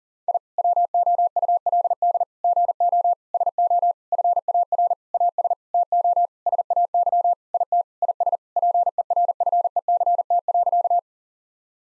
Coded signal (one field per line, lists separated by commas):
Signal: Morse code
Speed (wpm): 40 wpm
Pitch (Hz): 700 Hz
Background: none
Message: I WOULD GO SO FAR AS TO SAY IT IS PERFECT.